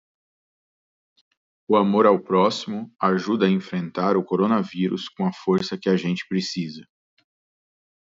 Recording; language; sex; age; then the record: spoken sentence; Brazilian Portuguese; male; 30 to 39 years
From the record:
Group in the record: control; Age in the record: 30 years